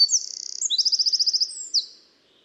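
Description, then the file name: Eurasian wren song fragment, very high and piercing, with a stuttering trill, a clear rapid rattle, then a final sharp note before it stops. "Troglodytes troglodytes"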